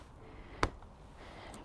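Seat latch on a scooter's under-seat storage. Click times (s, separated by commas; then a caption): 0.6 s. On a Honda Forza 350 scooter, the rider presses the seat-release button, and the latch on the under-seat storage lets go of the seat with a sharp, loud clunk at 0.6 s. Two much fainter knocks follow at about 0.8 s and 1.5 s over a quiet background, and the seat is released.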